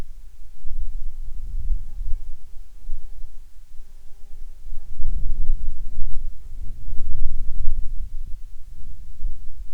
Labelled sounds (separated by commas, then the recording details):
bird, wind, insects
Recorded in the Prudhoe Bay oil fields, Alaska, on 10 July 2019 at 13:48
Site 14